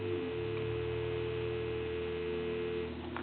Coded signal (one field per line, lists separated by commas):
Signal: telephone call progress tone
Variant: North America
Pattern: dial tone